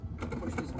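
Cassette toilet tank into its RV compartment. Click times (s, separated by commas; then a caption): 0.6 s. An emptied plastic cassette toilet tank is pushed back into its compartment in an RV. Low rumbling and scraping build to sharp knocks at about 0.2 and 0.3 seconds. The tank locks into place with a click at 0.6 seconds.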